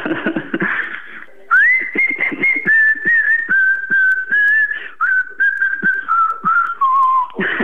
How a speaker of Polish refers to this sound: Ja cały czas słyszę gwizdanie. Nie wiem, czy o to chodziło. O to chodziło, dobrze pan słyszy, dobrze pan słyszy. Tak, bardzo chciałem zagwizdać na wszystko z samego rana.